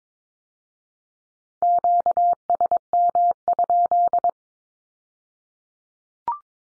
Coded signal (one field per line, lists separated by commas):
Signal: Morse code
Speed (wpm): 22 wpm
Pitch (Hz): 700 Hz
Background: none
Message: QSM?